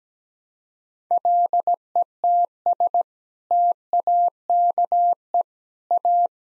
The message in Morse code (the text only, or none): LETS TAKE A